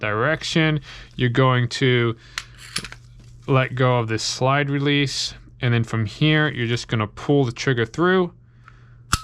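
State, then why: Released. Someone talks while field stripping a Springfield Hellcat 9mm pistol: the takedown lever is up 90 degrees, the slide release is let go, and the trigger is pulled through. A few light metallic clicks sound around 2.8 s. A sharp click at 9.1 s releases the striker so the slide moves forward off the frame.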